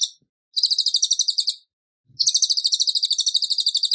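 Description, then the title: Tembakan bird song: two bursts of rapid, high chirping notes strung into fast trills, with a short pause between them. Masteran (tutor song) for training cage birds; Tembakan bird singing gacor, continuously and vigorously. "Masteran Burung Tembakan Gacor"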